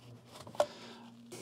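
A screwdriver bit turns a stuck screw in the top cover of an old hard drive from a Tandy 4000 computer. A few faint ticks come at 0.5 s, then a sharp snap at 0.6 s as the screw head strips out completely while the bit survives. A low steady hum runs underneath, and no one talks.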